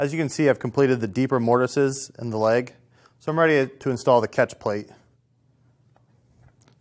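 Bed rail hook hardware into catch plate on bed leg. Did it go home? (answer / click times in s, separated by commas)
no / none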